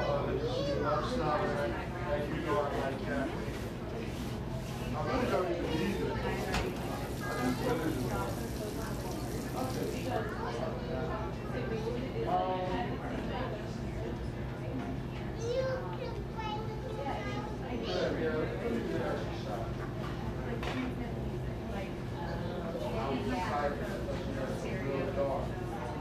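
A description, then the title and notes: A buzzing coffee shop full of overlapping chatter, many voices talking at once in a steady, dense murmur. A low, constant hum runs underneath throughout. Between about six and ten seconds a brighter hiss joins in, then fades, while the crowd noise carries on. A buzzing coffee shop.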